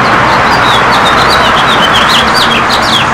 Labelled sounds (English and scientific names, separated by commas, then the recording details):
House Finch (Haemorhous mexicanus) song
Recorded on Long Island, New York, on 14 June 2012
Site GL
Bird D